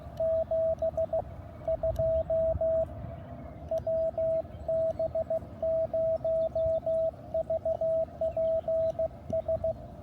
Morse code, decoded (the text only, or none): 72 WB0VPS